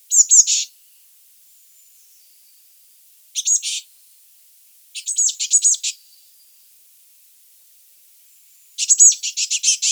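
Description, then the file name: Eurasian blue tit calls: quick stuttering bursts of buzzy, ticking notes, delivered in four separated chattering runs over a quiet background. "Cyanistes caeruleus"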